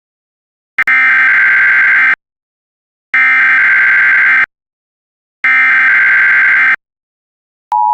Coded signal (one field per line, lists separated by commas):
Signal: Emergency Alert System (SAME) tones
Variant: header bursts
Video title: Emergency Alert System (UK) - The Scarlet Apocalypse (Part I)